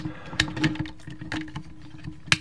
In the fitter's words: hop. Voilà. Vous devez entendre donc l'éclipse. Voilà.